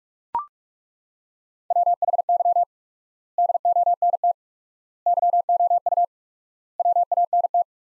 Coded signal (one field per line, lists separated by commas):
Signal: Morse code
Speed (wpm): 42 wpm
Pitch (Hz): 700 Hz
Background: none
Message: WHY DONT YOU WANT